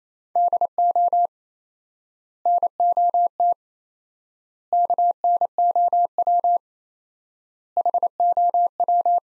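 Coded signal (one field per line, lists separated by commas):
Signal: Morse code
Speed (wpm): 27 wpm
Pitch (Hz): 700 Hz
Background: none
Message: DO NOT KNOW HOW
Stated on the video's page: Morse practice at 28 wpm, four-word sets with 4x word spacing, Farnsworth-like method using words; each set is sent, then spoken.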